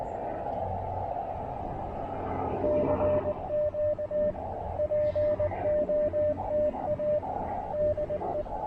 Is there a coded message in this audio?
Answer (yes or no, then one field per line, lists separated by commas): yes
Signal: Morse code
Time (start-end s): 2.6-8.4 s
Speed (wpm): 21 wpm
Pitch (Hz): 600 Hz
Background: radio noise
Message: CMT POTA DE